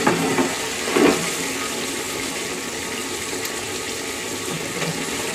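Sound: toilet being flushed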